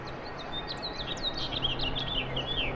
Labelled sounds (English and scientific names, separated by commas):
House Finch (Haemorhous mexicanus) song